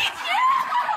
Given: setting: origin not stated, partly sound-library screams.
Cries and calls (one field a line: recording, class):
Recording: one-second piece from a danger detection set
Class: woman in danger